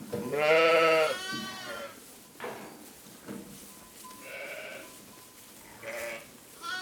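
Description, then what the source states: Sheep with one loud, trembling bleat at the start, followed by several softer, shorter bleats. Ewe.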